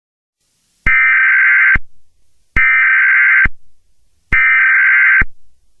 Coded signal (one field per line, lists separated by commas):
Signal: Emergency Alert System (SAME) tones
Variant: header bursts